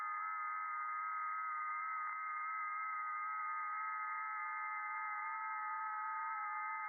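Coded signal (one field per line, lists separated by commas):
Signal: FT8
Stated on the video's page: Real over-the-air FT8 on HF via a 40m NVIS dipole, not SDR or simulation.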